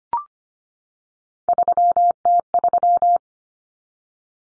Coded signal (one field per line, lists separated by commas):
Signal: Morse code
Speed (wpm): 25 wpm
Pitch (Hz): 700 Hz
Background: none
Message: 3T3